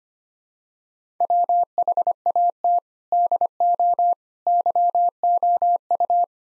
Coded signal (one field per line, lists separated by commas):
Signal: Morse code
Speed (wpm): 25 wpm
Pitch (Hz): 700 Hz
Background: none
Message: WHAT DO YOU